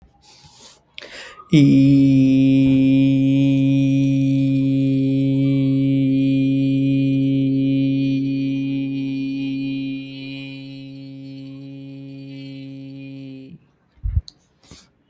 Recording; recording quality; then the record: sustained vowel as in beet; excellent, no background noise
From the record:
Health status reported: healthy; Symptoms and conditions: none ticked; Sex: male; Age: 33 years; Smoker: not ticked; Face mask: not worn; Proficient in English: yes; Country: India